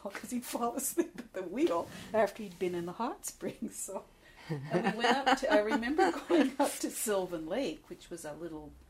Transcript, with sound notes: Cause he'd fall asleep at the wheel after he'd been in the hot springs so -- (laughs) And we went up to -- I remember going up to Sylvan Lake which was a little --